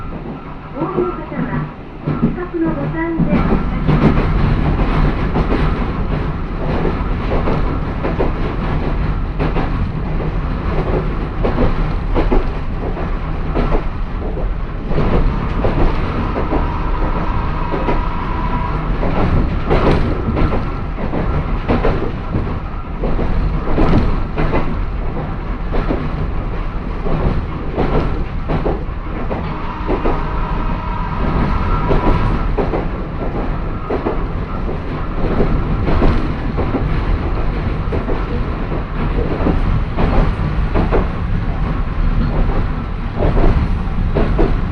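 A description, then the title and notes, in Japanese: A train with old nose-suspended traction motors gives a loud, steady growling whine, with bands of tone that rise and shift around 15 and 30 seconds. Dense rumble and rattling fill the whole clip, with frequent clicks and knocks of wheels over rail joints. 万葉線 高岡駅→越ノ潟。電車は吊りかけモーターなので中々の唸りをあげています。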